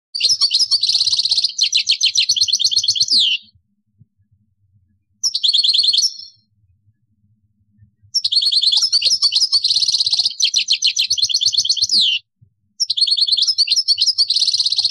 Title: Chant Chardonneret